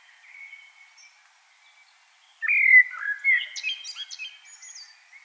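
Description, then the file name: Common blackbird gives a single phrase after a quiet start: a clear sliding fluted whistle, then a jumble of high, squeaky twittering notes. "Turdus merula"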